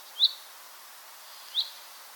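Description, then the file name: Common chaffinch giving two short, high, slurred call notes just over a second apart, over steady background hiss. "Fringilla coelebs"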